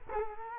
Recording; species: mosquito wingbeat signal from an infrared sensor; Culex quinquefasciatus